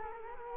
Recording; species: mosquito wingbeat signal from an infrared sensor; Culex quinquefasciatus